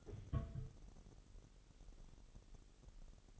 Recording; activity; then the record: daily activity, microphone in the room; place on stove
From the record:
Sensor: 4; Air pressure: 989.1 hPa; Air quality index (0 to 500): 211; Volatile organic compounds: 60 ppm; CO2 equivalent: 3420 ppm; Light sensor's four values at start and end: 29/98/36/38 and 29/98/36/38